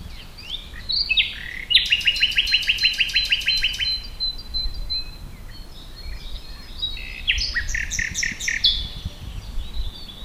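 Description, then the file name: Common nightingale song: a fast rattling series of repeated notes, then quiet pauses and a second burst of rapid repeated notes near the end. "Luscinia megarhynchos"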